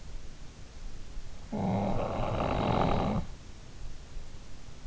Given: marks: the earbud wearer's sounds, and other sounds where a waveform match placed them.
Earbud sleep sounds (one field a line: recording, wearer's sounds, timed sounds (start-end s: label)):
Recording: sounds in sleep by an in-ear microphone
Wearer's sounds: snoring breath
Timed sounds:
1.17-3.80 s: snoring breath